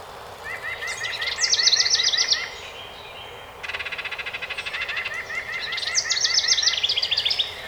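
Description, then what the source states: House wren pouring out two vigorous bubbling trills, with a fast pulsing series of short notes between them and softer chirps around. Recorded 12 May 2018.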